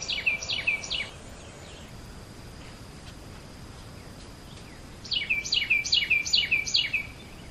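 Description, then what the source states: Bird chirping in two bursts of quick high descending notes, three at the start and six near the end, with a quiet gap of soft background hiss between. Recorded in 2008.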